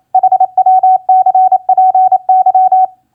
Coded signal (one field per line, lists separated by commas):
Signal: Morse code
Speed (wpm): 27 wpm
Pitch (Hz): 750 Hz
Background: none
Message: HWCPY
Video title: Morse Code Practice QSO Elements Q4e HWCPY-GUD-CPY 28wpm